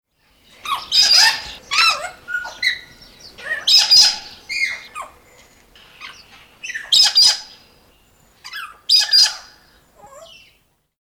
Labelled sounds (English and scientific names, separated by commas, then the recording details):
Galah (Eolophus roseicapilla)
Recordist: Tembrock, Günter
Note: Lautfolgen